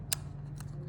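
A silicone ear tip is pressed back onto the oval nozzle of an Apple AirPods Pro 2 wireless earbud and snaps into place with a sharp click at 0.1 s. A fainter tick follows at 0.6 s over a steady low hum, and the ear tip is seated.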